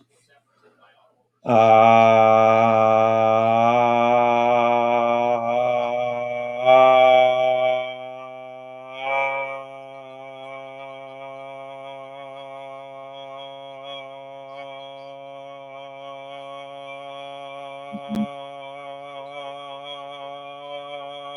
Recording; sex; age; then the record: vowel held as long as possible; male; 20 to 29 years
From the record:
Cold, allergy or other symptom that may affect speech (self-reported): no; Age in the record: 29 years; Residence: Indiana, United States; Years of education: 13